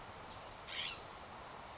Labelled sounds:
California Scrub-Jay
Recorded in Sonoma County, California

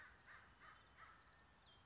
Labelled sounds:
American Crow
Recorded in Sonoma County, California

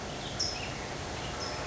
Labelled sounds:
California Towhee
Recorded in Sonoma County, California

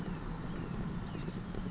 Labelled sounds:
Oak Titmouse
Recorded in Sonoma County, California

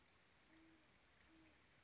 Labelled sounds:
Great Horned Owl
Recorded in Sonoma County, California

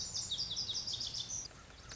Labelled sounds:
Lazuli Bunting
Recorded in Sonoma County, California

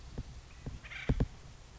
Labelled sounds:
Acorn Woodpecker
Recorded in Sonoma County, California

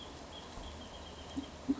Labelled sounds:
Wrentit
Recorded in Sonoma County, California

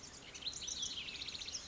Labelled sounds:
Olive-sided Flycatcher
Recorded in Sonoma County, California

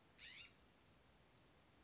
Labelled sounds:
California Scrub-Jay
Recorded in Sonoma County, California

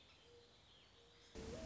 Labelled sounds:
Mourning Dove
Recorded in Sonoma County, California

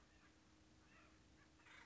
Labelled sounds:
Acorn Woodpecker
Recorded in Sonoma County, California

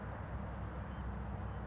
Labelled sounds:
California Towhee
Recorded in Sonoma County, California

